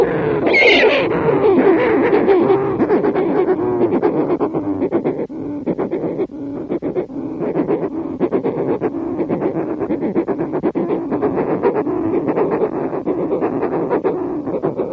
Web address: short-tailed shearwater